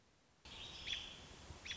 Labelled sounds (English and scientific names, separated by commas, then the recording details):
American Robin (Turdus migratorius)
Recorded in Sonoma County, California